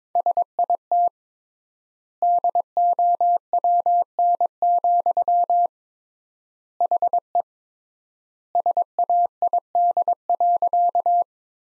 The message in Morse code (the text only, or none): SIT DOWN, HE SAID.